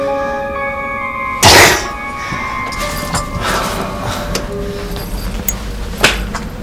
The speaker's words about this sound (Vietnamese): Lục Tử Minh hết gõ vào cửa thang máy, lại nhấn nút lên